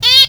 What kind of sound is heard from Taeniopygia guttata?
distance call